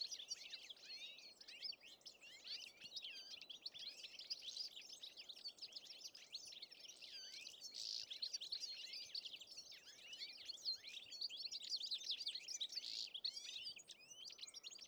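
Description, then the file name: European goldfinch chattering steadily, overlapping bright twittering notes and buzzy trills running without pause, over soft steady hiss. "Carduelis carduelis"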